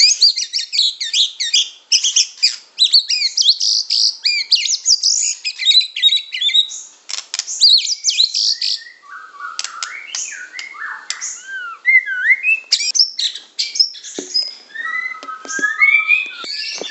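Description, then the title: Oriental magpie-robin singing a dense, fast stream of high chirps and trills that gives way to lower, looping whistled phrases and scattered clicks. "Kicau Kacer"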